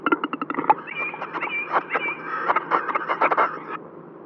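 Western capercaillie song with a fast rattle of clicks, followed by a gurgling, scraping phrase mixed with thin whistled notes.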